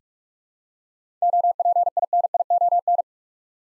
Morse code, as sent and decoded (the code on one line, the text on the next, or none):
--- .--. .. -. .. --- -.
OPINION